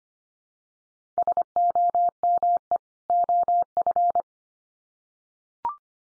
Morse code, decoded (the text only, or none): SOME OF